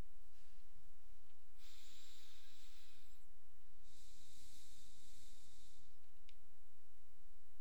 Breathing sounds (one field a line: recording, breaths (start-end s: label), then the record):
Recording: nose breathing near a microphone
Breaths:
1.31-3.51 s: inhalation
3.51-6.11 s: exhalation
From the record:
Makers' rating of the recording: medium